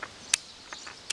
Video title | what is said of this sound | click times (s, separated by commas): im hanging up my bow | It connects, you hear it snap. | 0.3 s